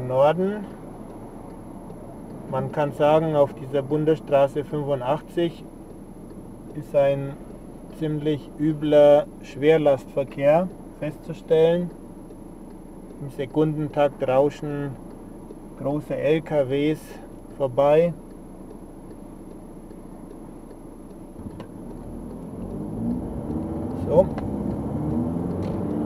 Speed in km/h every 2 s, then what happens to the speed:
0, 0, 0, 0, 0, 0, 0, 0, 0, 0, 0, 18, 38.
0-21 standing. 21-26 pulls away to 38.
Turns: none.